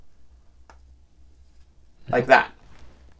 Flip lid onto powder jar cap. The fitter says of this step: hear it click and then shut it so like